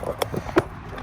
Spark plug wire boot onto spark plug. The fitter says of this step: makes a little snapping sound